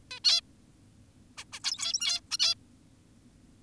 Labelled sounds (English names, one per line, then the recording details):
Zebra Finch
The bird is an adult
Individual g17y2U